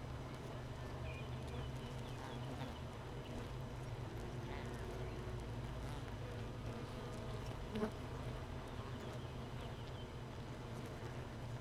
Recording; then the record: honeybee colony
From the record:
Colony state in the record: missing queen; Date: 31 May 2018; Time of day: 15:03